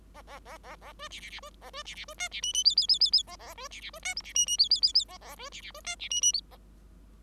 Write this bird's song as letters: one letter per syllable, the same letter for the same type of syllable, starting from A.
A A A A A B C C C B A B C C B D C E E F F F F F A A B C C B D G C E E F F F F A A B C C B D C E E F A